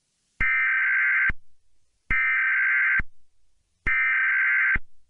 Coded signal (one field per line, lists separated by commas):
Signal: Emergency Alert System (SAME) tones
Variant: header bursts